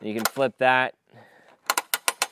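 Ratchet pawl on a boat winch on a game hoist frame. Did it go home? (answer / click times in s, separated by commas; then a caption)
yes / 1.7 s, 1.8 s, 1.9 s, 2.1 s, 2.2 s. Someone talks as the ratchet lever on a 1600-pound metal boat winch, mounted on a game hoist frame, is flipped and the strap is cranked down. The pawl clicks sharply over the gear at 1.7, 1.8, 1.9, 2.1 and 2.2 seconds, and the winch locks into place.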